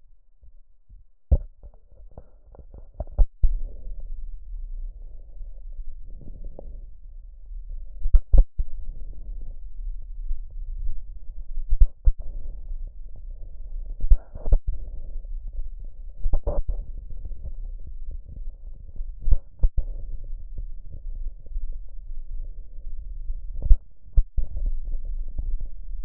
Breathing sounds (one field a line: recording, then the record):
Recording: lung sounds by stethoscope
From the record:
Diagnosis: emphysema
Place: left posterior upper chest